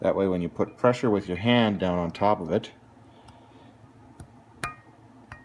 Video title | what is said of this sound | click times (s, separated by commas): Installing YZ450F valve springs without the proper tools | hear that little click boom | 4.6 s